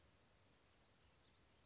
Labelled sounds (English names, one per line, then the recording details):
Anna's Hummingbird
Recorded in Sonoma County, California